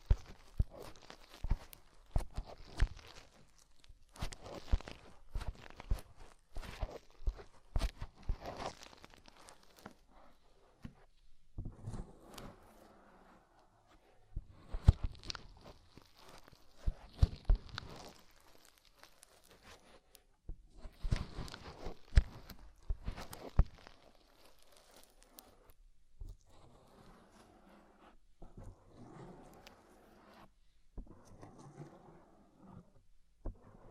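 Deep ear cleaning with dense bursts of crackling, scratching and crinkling, sharp snaps packed tightly in the first ten seconds and again around 15 and 21 seconds. Between these come quieter stretches of soft, muffled rubbing and rustling, with brief near-silent gaps.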